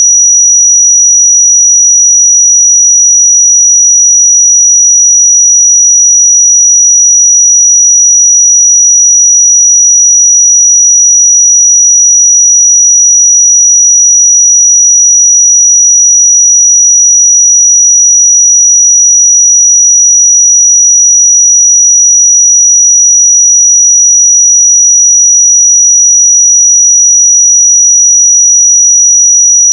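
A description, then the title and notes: A pure 5827 Hz sine tone holds perfectly steady and unbroken for the full thirty seconds, thin and piercingly bright, with nothing else around it. 5827 Hz 1 Hz Interval Sine Pure Tone Frequency 441000 Sample Mono.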